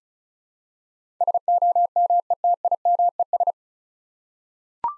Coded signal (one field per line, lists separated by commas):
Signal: Morse code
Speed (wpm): 34 wpm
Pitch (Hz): 700 Hz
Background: none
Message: SOMETIMES